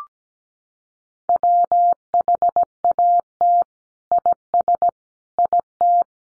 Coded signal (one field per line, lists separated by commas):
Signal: Morse code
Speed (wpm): 17 wpm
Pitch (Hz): 700 Hz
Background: none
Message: WHAT IS IT